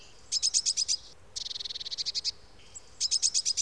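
Blue tit calling with high, thin chirps in quick rhythmic bursts, a faster buzzy trill in the middle, then another run of bright repeated notes.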